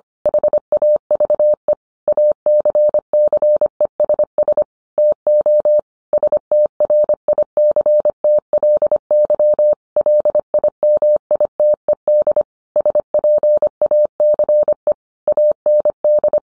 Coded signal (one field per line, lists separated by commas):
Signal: Morse code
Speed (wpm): 25 wpm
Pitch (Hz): 600 Hz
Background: none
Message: HAVE ACCESS TO STRICTLY LIMITED SPACE AND